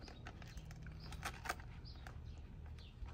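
A second-side M-style mirror cover with 3M tape is being slipped onto the side mirror housing. Faint handling taps and light knocks sound over low background rumble, with sharper ticks near 1.5 and 2.1 seconds. Nothing has seated or clicked yet.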